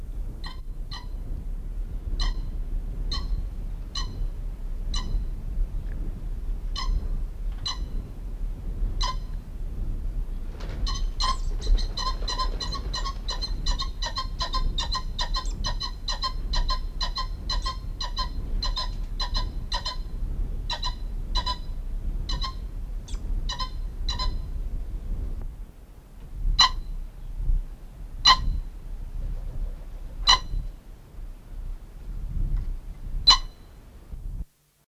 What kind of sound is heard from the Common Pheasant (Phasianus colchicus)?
call